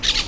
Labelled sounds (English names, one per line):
Brown-throated Parakeet contact call